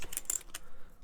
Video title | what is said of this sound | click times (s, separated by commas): Build the U96 U boat Kits 22 and 23 from Hachette | wasn't, ah there it is snaps into place excellent | 0.3 s